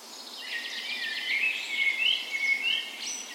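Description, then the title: Birds singing together at dawn, a rich tangle of high twitters and clear whistled notes building toward the middle. Dawn chorus on the morning of 17 May, Norway's National Day, in a park west in Bergen, Norway, in spring; Sony PCM A10 recorder with LOM micro Usi mics as tree ears. "17th Of May Dawn Chorus"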